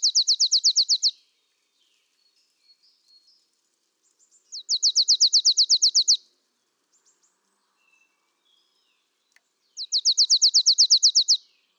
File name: Poecile palustris